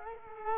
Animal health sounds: mosquito wingbeat signal from an infrared sensor; Culex quinquefasciatus

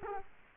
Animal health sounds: mosquito wingbeat signal from an infrared sensor; Culex quinquefasciatus

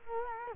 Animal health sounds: mosquito wingbeat signal from an infrared sensor; Culex quinquefasciatus

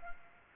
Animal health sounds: mosquito wingbeat signal from an infrared sensor; Culex pipiens

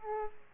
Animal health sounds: mosquito wingbeat signal from an infrared sensor; Aedes aegypti

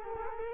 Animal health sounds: mosquito wingbeat signal from an infrared sensor; Culex quinquefasciatus

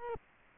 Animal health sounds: mosquito wingbeat signal from an infrared sensor; Culex quinquefasciatus

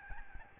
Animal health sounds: mosquito wingbeat signal from an infrared sensor; Aedes albopictus

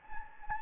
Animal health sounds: mosquito wingbeat signal from an infrared sensor; Anopheles gambiae

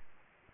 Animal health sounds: mosquito wingbeat signal from an infrared sensor; Aedes albopictus

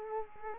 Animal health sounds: mosquito wingbeat signal from an infrared sensor; Culex quinquefasciatus

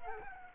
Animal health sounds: mosquito wingbeat signal from an infrared sensor; Culex quinquefasciatus

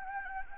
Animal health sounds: mosquito wingbeat signal from an infrared sensor; Anopheles gambiae

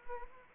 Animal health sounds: mosquito wingbeat signal from an infrared sensor; Anopheles arabiensis

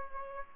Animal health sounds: mosquito wingbeat signal from an infrared sensor; Aedes aegypti

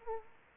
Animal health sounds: mosquito wingbeat signal from an infrared sensor; Aedes aegypti

